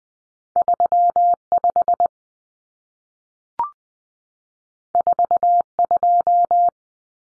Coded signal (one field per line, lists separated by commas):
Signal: Morse code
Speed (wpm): 20 wpm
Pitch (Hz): 700 Hz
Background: none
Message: 35 42